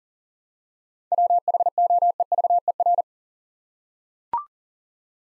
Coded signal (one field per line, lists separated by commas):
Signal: Morse code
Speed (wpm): 38 wpm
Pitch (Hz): 700 Hz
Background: none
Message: WHOEVER